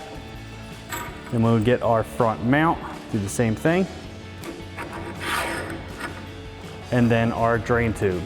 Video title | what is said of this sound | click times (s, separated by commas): 2010-2024 RAM 2500 Rough Country Hard Low Profile Tri-Fold Tonneau Cover Review & Install | einfach über die Schiene und stellen Sie sicher, dass es so eingerastet ist. | 0.9 s